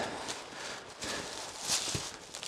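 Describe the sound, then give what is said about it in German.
Footsteps walking downhill, a few soft, irregular crunching steps over a steady hiss of outdoor background noise, with no one speaking. “Gehen wir jetzt mal den Berg runter und nachher den Berg auch wieder rauf.”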